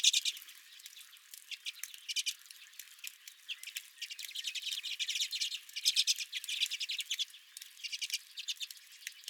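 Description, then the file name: Redpolls chattering in a busy flock, many dry clicking trills overlapping and continuing without pause. Redpolls at the recordist's own feeder. "Redpolls at My Feeder"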